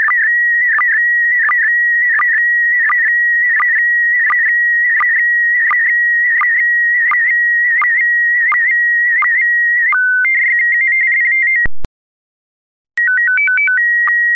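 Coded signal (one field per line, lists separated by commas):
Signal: SSTV (slow-scan television)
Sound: steady warbling tone with regular low blips, then fast two-tone stepping, a short gap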